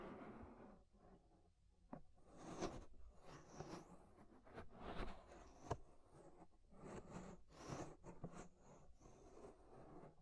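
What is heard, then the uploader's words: Ear scraping sounds, a dense run of rubbing and scratching strokes that come in irregular bursts throughout. Sharp clicks and crackles cut through around the third, sixth and eighth seconds, over a low muffled rumble that stays constant underneath. Inner and Outer Ear Scraping (No Talking).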